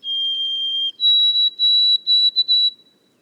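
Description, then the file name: White-throated sparrow whistled song: one long steady lower note, then a higher pure whistle broken into several sustained notes, the last ones shorter. Boreal forest of Haute-Côte-Nord, recorded 29 May 2018. "bruant a gorge blanche foret boreale de la haute cote nord"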